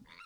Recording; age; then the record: pig call; piglet (1 to 25 days)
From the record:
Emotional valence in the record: positive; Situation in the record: short reunion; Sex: female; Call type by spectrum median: low-frequency call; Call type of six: low-frequency tonal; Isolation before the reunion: 3 minutes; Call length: 0.26 s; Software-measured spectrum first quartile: 943 Hz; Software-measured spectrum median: 1818 Hz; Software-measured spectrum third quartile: 2848 Hz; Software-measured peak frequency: 1380 Hz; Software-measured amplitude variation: 124 dB a second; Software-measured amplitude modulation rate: 11.6 a second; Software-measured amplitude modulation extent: 10.7 dB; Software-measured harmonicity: 4.5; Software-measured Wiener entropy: -2.04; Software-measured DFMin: 818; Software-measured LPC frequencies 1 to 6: 1321, 2122, 2679, 3688, 4401, 5450 Hz